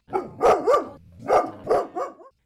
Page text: When 9-year-old Roman Mack returns home from school, his black labrador retriever, Otto, is always waiting eagerly for his return.